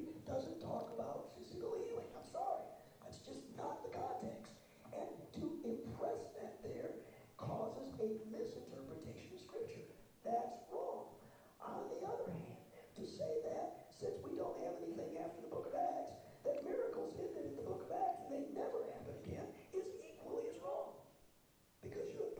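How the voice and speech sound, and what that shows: A man preaches in continuous, intelligible English, but his voice is very hoarse: rough, strained and muffled, with a breathy, grating quality and occasional creaky catches. This is severe hoarseness, or dysphonia, after the voice had been lost and only partly returned, with a throat tight for three to four years; the impaired voice still carries connected speech.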